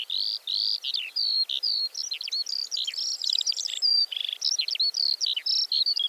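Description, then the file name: Eurasian skylark singing a fast, continuous warble of bright twittering notes and short buzzy trills over a faint hiss. "Feldlerche- Alauda arvensis"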